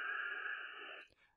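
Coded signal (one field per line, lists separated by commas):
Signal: HF data modem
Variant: WINMOR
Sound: about one second of dense, buzzing digital data hiss, then an abrupt stop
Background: radio static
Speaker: and then after a couple more attempts here it is now it's showing me it's connected if you can hear that on my radio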